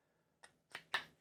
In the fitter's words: yeah very very positive latch